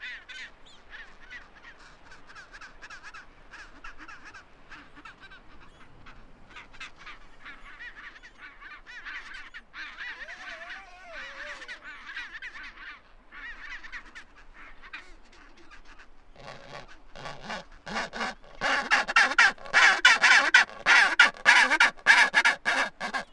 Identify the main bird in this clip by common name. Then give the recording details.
Chinstrap Penguin. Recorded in the wild. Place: Half Moon Island, Antarctica, AQ. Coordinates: -62.35, -59.55. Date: 2019-01-02. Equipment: Olympus LS-100, Sennheiser ME66. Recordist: Beaulieu, Michaël